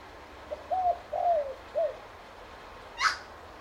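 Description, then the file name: Spotted dove delivering one gentle cooing phrase of a few coos, one longer and falling. A single sharp high note follows at the end. "BIRD SPOTTED TURTLE DOVE CALL"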